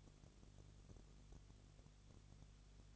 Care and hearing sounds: daily activity, microphone in the room; no activity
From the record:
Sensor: 4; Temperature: 22.3 degrees Celsius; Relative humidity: 32.8%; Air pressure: 1002.0 hPa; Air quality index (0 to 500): 185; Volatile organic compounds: 4 ppm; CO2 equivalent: 1635 ppm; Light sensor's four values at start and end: 2/3/1/1 and 2/3/1/1

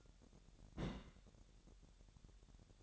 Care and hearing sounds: daily activity, microphone in the room; place on stove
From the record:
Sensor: 3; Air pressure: 1012.0 hPa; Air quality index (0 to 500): 212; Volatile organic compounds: 4 ppm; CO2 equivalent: 1582 ppm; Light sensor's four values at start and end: 100/237/98/88 and 100/236/98/88

